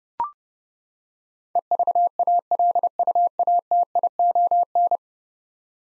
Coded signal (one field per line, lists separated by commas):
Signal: Morse code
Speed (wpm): 30 wpm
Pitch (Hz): 700 Hz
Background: none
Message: EVALUATION